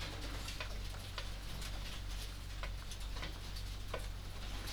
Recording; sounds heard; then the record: poultry house recording; no chicken sound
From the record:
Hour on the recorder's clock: 20